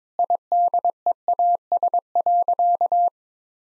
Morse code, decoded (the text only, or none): IDEAS.